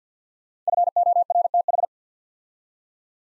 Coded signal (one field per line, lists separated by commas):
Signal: Morse code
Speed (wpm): 48 wpm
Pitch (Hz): 700 Hz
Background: none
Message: FORTH